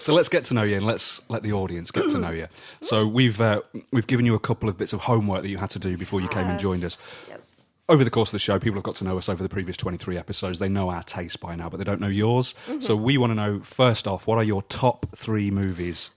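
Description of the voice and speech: A man speaks in a relaxed, fluent conversational style with an even, low-pitched voice and natural pauses. Articulation and rhythm are ordinary, with no stuttering, slurring or voice strain. Another voice briefly interjects with short acknowledgements.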